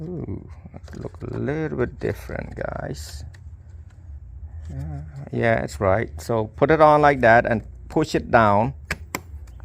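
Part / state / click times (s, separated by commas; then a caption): plastic retaining clip into dash trim panel / seated / 8.9 s, 9.1 s. A plastic retaining clip is pushed down onto a dash trim piece during a radio swap on a 2013–2018 Jeep Cherokee while someone talks. Two sharp, loud snaps are heard at 8.9 s and 9.2 s as the clip seats into the trim panel.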